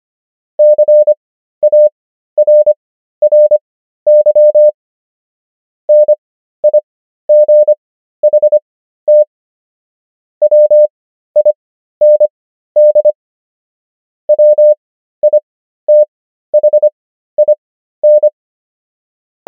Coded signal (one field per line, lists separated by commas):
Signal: Morse code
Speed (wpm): 25 wpm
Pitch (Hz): 600 Hz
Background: none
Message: CARRY NIGHT WIND WITHIN